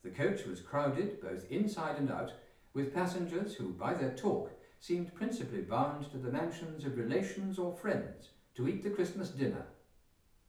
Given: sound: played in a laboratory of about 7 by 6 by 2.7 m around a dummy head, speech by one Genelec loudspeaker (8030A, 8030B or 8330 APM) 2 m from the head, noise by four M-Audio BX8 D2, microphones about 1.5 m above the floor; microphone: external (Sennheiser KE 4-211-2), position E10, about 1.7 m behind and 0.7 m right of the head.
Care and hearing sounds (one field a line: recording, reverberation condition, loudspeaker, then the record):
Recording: male speech in English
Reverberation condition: medium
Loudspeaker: 60 degrees to the left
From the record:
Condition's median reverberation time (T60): about 510 ms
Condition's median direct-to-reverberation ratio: about -0.5 dB